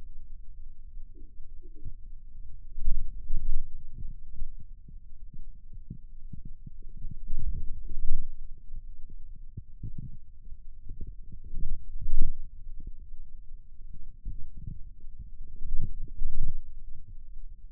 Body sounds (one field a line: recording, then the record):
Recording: forearm muscle sounds (acoustic myography)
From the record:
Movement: radial deviation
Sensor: system 2, bracelet of six BSWA MPA416 microphones around the upper forearm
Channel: 2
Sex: male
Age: 22 years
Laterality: right